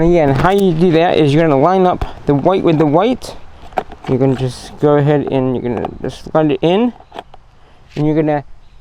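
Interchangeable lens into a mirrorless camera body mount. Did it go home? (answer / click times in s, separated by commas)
no / none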